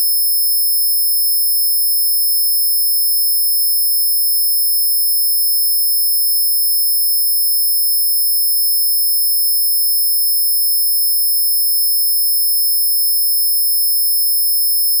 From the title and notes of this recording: Sound Lazer: Level 5 (15000Hz+19000Hz Sine wave).